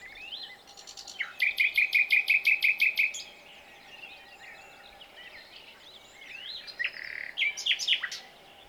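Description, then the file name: Common nightingale song with a fast run of loud, evenly repeated chunky notes, then quieter varied twitters and a final burst of harsh notes. "Luscinia megarhynchos"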